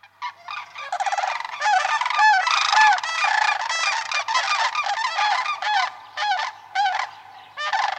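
Whooping crane calls, a dense chorus of loud honking notes with rich harmonics, overlapping and repeated in quick bursts throughout.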